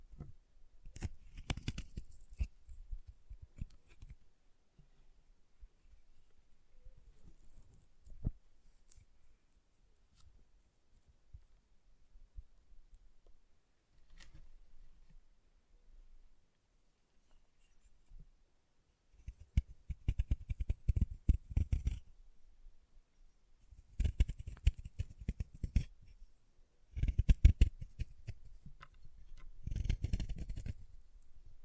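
Chalk is carved and cut in short bursts of dry scraping and crumbly clicks. Brief scrapes come early, then a quiet stretch with scattered faint taps, and from about nineteen seconds denser, louder scraping returns in several clustered bursts through the end.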